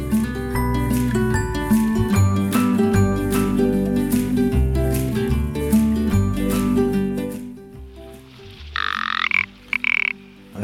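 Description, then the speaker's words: Rock Ptarmigan calls, two harsh rasping bursts heard after background music fades out. Played in the background of a Catalan radio programme about the species; described as a peculiar sound. "aquest soroll peculiar que escoltem de fons és el de la perdiu blanca."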